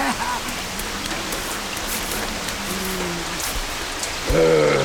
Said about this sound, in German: An den Strand? Aber es regnet doch. Aber keineswegs. Im Süden, da regnet es. Hier ist es nur etwas auffrischende Feuchtigkeit.